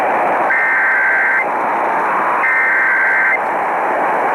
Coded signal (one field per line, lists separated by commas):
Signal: Emergency Alert System (SAME) tones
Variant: header bursts